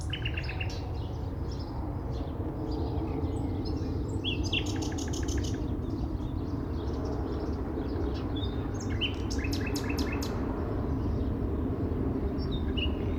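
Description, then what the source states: Birds: bird chirps overlaid on heavy traffic rumble, including two buzzy fast trills spaced a few seconds apart and assorted sharp high tweets around them. City park ambience in spring, with cars heard alongside the birds.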